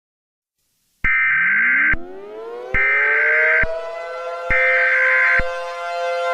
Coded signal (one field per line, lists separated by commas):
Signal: Emergency Alert System (SAME) tones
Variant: header bursts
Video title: EAS scenario Xx Rosie Cool xX